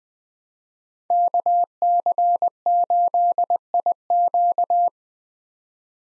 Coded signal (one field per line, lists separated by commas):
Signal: Morse code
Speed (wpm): 20 wpm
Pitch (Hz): 700 Hz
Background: none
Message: KC8IQ